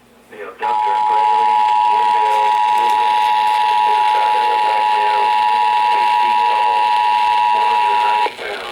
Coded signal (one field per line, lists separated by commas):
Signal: Emergency Alert System (SAME) tones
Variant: 853 and 960 Hz attention tone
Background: speech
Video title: A LIL' BIT OF EVERYTHING... EAS Alerts from 7/1/21 (EAS #5,878 - 5,893)